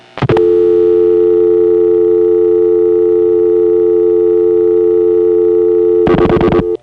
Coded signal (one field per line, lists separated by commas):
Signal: telephone call progress tone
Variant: North America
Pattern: dial tone